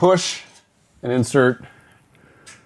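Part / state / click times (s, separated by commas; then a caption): ball-bearing connector into display case rail / seated / 2.5 s. A ball-bearing connector piece is angled into a display case rail, held up from below with an Allen key, and pushed in while someone talks. A faint tap comes at about 2.1 s, then a short sharp click at 2.5 s as the connector seats in the rail.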